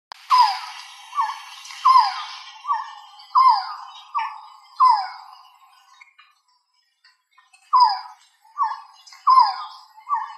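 Resplendent quetzal calling in a repeated series of whining, falling notes, a pause of a few seconds, then the series resumes.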